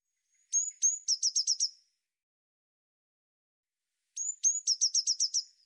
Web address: cianscape birddata Deverinetal 2025 Bird Cy Ca